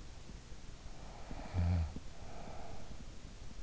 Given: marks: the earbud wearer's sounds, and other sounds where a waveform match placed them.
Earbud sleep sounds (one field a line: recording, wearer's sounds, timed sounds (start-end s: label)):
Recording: sounds in sleep by an in-ear microphone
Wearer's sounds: snoring breath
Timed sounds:
0.68-3.60 s: snoring breath